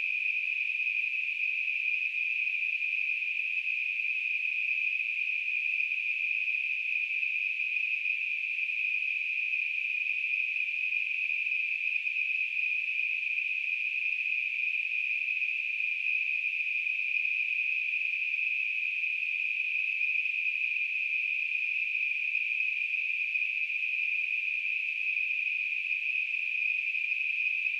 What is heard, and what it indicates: Tinnitus.